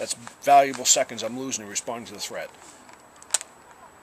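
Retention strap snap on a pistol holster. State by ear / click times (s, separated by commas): released / 3.3 s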